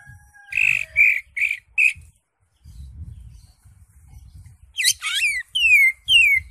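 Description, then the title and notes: Greater Green Leafbird song: a short run of four chirped notes, a pause with low background rumble, then quick falling whistles. Caged-bird context; used as a master training recording for teaching captive Greater Green Leafbirds to sing. "Suara Burung Cucak Ijo. mantap buat masteran burung cak ijo"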